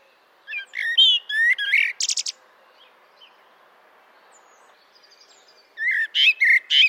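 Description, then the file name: Common blackbird uttering bursts of squeaky, chirping notes mixed with sharp high clicks, a quiet pause of several seconds, then another jumbled burst. "merle noir"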